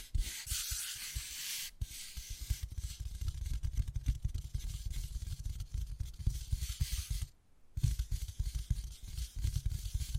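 Wood carving with continuous scratching and rubbing strokes, a rough hiss that stays dense and bright throughout. Quick, irregular low knocks and taps run underneath almost constantly. The work stops briefly near two seconds and falls silent around seven and a half seconds before resuming.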